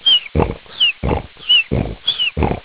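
Four harsh, rattling snorts alternate with a high whistle, repeating about every two-thirds of a second, far faster than real breathing. A cartoon-style snoring sound effect rather than a real sleeper.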